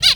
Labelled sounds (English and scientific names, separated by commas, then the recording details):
Zebra Finch (Taeniopygia guttata) distance call
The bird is a male
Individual mal5